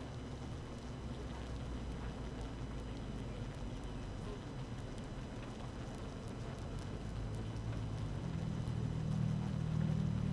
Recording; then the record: honeybee colony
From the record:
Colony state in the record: active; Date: 12 June 2018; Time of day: 6:52